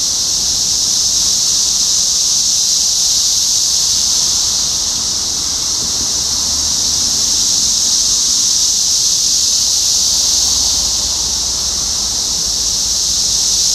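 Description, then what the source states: Chorus of cicadas, a shrill continuous drone with gentle rises and falls in loudness. Recorded in Topeka, Kansas, on 14 June 2015; several cicadas.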